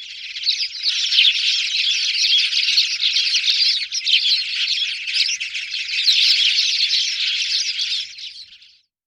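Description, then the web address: Spanish sparrow flock chatter: a continuous, dense wall of overlapping chirps from many birds, rising and falling in loudness for about nine seconds. "All the bird songs of Britain and Europe - Jean-Claude Roche. Passer hispaniolensis"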